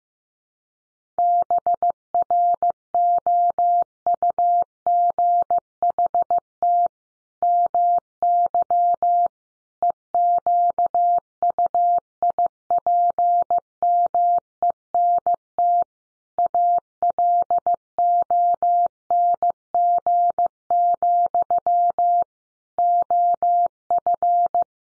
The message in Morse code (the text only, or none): BROUGHT MY EQUIPMENT ALONG, OF